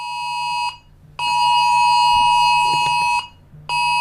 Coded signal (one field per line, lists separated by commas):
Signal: Emergency Alert System (SAME) tones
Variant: 853 and 960 Hz attention tone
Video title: EAS INDONESIA CONCEPT (10/5/2025) [LETUSAN GUNUNG SEMERU]